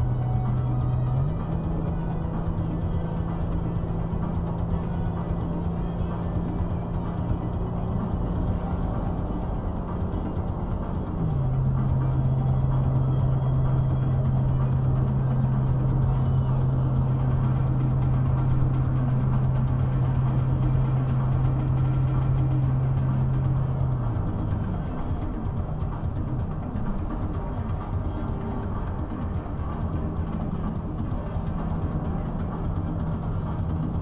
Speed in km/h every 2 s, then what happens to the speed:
90, 90, 92, 95, 97, 98, 98, 97, 98, 98, 98, 100, 98, 98, 95, 93, 93.
0-34 steady at about 97.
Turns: none.